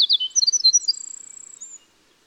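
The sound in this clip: Winter wren song ending: quick high twitters, then a thin sustained buzzy trill that fades out into silence.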